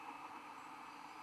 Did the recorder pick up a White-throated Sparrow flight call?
no